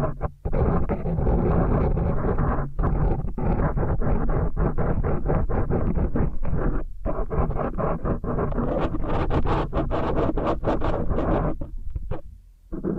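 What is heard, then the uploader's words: Dense, continuous crunching and rustling of kinetic sand being worked, with frequent short gaps and breaks, dropping nearly silent near twelve seconds. ASMR Intense Ear Stimulation Ear Cleaning, Kinetic Sand, Piercing Sounds (No Talking).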